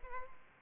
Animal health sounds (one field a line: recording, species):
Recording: mosquito wingbeat signal from an infrared sensor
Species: Culex pipiens